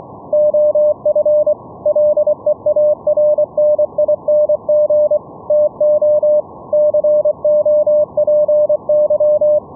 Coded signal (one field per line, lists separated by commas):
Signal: Morse code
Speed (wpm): 24 wpm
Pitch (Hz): 600 Hz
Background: none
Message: OF LEARNING TO COPY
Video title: Raspberry Pi RTSP SERVER for Morse Code VLF RF over ip FULL DUPLEX CW NET operations - LIVE demo